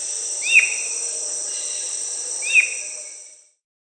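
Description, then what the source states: White-necked thrush giving two sharp, downslurred chirps about two seconds apart over a steady high insect drone. Recorded in South America.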